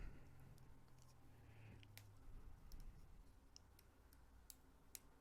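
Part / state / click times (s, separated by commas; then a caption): small sensor plug into its socket on the action camera board / seated / 4.9 s. A small sensor plug is lined up by hand and pressed into its board socket on a decased GoPro Hero 11 camera while a BEC is being installed. Several faint ticks and clicks come from the handling, and then a sharp click at 4.9 seconds as the plug seats in its socket, lined up and fully in.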